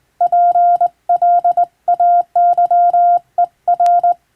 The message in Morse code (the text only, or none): PLAYER